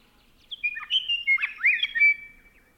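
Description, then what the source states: Scott's Oriole song: a rich, slurred whistled phrase of warbling notes. Male singing excitedly at dawn, switching between different song patterns; Organ Pipe National Monument, southern Arizona desert, late March 2017; binaural recording.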